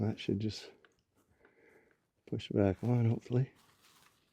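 During a transmission reinstall on a 2016 Ford Focus, a plastic fitting in the engine bay is being pushed back onto its mount while someone talks. Between the bursts of speech there are only faint handling noises, and nothing has seated or clicked yet when the clip ends.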